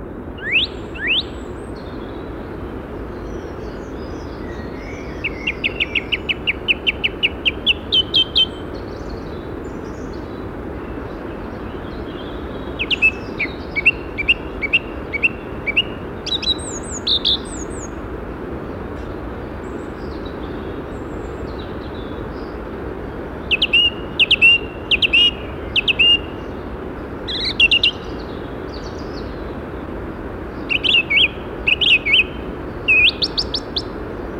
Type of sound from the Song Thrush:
song